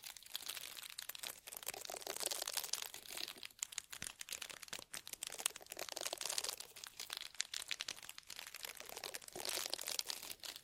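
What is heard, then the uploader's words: Intense ear cleaning makes dense, bright crinkling and scratching, with rapid irregular crackles throughout and brief quieter dips near four and nine seconds. Intense Ear Cleaning for Deep Sleep Ultra Detailed Binaural Triggers.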